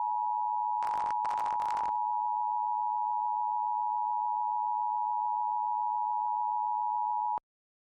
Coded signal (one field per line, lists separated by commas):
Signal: Emergency Alert System (SAME) tones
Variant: 853 and 960 Hz attention tone